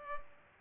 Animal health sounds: mosquito wingbeat signal from an infrared sensor; Culex pipiens

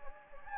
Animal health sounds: mosquito wingbeat signal from an infrared sensor; Anopheles gambiae

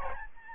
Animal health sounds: mosquito wingbeat signal from an infrared sensor; Aedes albopictus

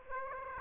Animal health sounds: mosquito wingbeat signal from an infrared sensor; Aedes aegypti

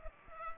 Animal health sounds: mosquito wingbeat signal from an infrared sensor; Culex pipiens

